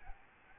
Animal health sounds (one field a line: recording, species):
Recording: mosquito wingbeat signal from an infrared sensor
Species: Aedes albopictus